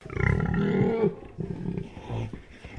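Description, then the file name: Pig grumbling: a deep, rough, throaty grunt about a second long, then softer broken low grunts trailing off. Landrace pig, indoors, grumbling. "ANIMAL PIG LANDRACE EDGAR"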